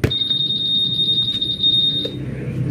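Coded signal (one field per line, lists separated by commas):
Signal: alarm pattern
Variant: Honda scooter anti-theft alarm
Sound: shrill rapid-pulsing high beeping for about two seconds, then stops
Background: room noise, low rumble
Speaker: pukpukin natin itong upuan nag-alarm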